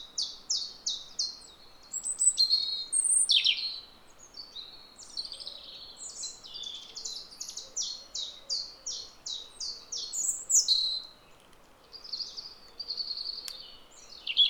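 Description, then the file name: European robin song, a fast run of short high notes and thin trills, some rising and falling, repeated with brief pauses against a steady low hiss. "Erithacus rubecula"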